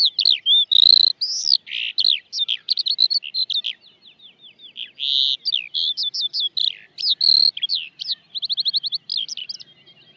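Eurasian skylark song, fast twittering phrases of rising and falling whistles mixed with quick repeated trills, delivered almost nonstop with brief gaps.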